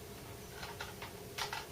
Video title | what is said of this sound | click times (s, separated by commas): Cyma CMo045 AKS-74U Review | It's got a nice firm click into place. | 0.8 s, 1.5 s